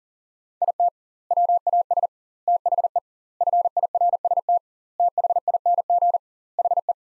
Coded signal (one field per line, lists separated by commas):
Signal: Morse code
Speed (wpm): 40 wpm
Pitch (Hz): 700 Hz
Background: none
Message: IT WAS THE FIRST THING HE